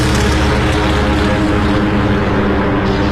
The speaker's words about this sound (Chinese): 福特的摄影师拍完录像后，他们就起飞去袭击日军舰队了。首先起飞的是第8鱼雷轰炸机中队。